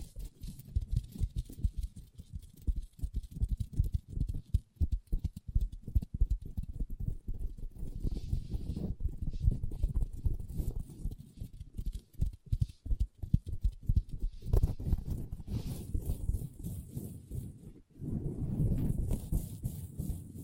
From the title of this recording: ASMR Table Tapping & Scratching with Long Nails (No Talking)